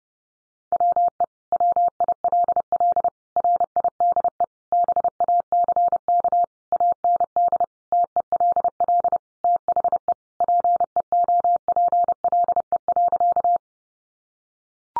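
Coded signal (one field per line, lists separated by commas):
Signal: Morse code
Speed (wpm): 30 wpm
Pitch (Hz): 700 Hz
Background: none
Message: WE WILL RIDE BACK AND TELL THE PEOPLE.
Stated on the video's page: Practice sentences from the top 1200 words sent at 30 wpm for head-copy, each sent twice.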